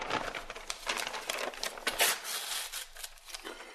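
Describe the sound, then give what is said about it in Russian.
A large paper packet with a wax seal, handed to Don Quixote in the Duke's castle, is torn open and handled, giving a steady run of crisp crinkling and rustling bursts, moderately loud, with no voices. “Спустя несколько дней после отъезда Санчо герцогиня с мужем пригласили Дон Кихота к себе и тоже вручили ему большой пакет с сургучной печатью.”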